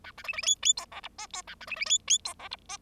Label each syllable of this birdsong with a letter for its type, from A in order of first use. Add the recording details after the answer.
A B C C D D E F G H E A B C C D D E F G H. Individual Bird0